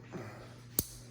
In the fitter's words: and then that one just snapped it in